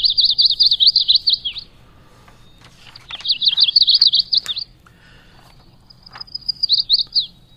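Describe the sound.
Chestnut-sided Warbler song, three high, rapid phrases of sweet notes, about every three seconds.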